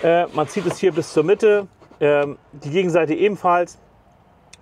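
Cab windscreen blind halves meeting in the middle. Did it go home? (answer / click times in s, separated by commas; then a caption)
yes / 4.5 s. Someone talks while the windscreen darkening blind in the cab of a Hymer Yellowstone motorhome is pulled to the middle from both sides until the halves meet. A short, sharp tick sounds at 4.5 s as the halves lock together with a magnet.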